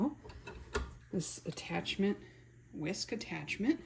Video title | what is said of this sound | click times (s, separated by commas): Hamilton Beach Stand Mixer Review | Goes right here and it locks in place. There we go. | 0.8 s